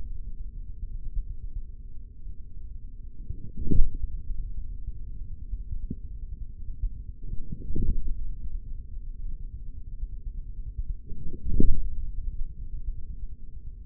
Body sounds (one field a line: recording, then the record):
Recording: forearm muscle sounds (acoustic myography)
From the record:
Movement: forearm pronation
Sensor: system 3, bracelet of six PUI Audio POM-2738L microphones around the upper forearm, with dedicated amplification and filtering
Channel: 3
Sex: male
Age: 56 years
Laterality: right